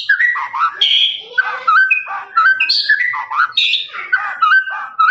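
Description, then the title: Lovebird song of continuous shrill chattering with repeated whistled squeaks and short trills. Long trilling "ngekek" song of a lovebird, used as a master recording for training birds. "MASTERAN LOVEBIRD NGEKEK PANJANG"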